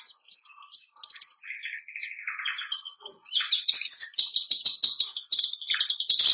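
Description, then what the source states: Canary song, varied warbling with a low buzzy roll early on, then a dense, fast stream of high trilled notes growing louder toward the end. Bernois canary song.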